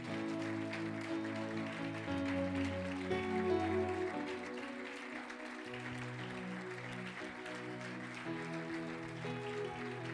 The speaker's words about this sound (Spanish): Si le damos otro fuerte aplauso, reconocimiento, honra.